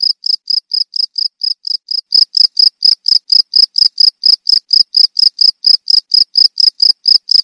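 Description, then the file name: Field cricket chirping rapidly and regularly, the chirps growing noticeably louder after about two seconds, then holding steady. Cricket of rice fields. "jangkrik sawah"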